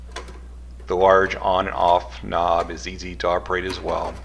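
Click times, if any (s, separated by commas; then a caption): 0.2 s. A plastic cutting drum of an Anbull 7-in-1 electric salad maker is twisted a quarter turn into the housing and locks into place with a single sharp click at 0.2 s. Someone then talks over a steady low hum.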